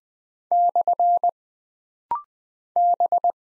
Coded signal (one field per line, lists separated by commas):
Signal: Morse code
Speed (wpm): 20 wpm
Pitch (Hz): 700 Hz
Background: none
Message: / B